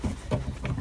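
A fastener holding the rear brake-light assembly into the body of a 2011 Ford C-Max is worked loose while the second fastener is being removed. A small sharp click at 0.7 s marks the fastener releasing, over low rumbling handling noise, and the light assembly comes free.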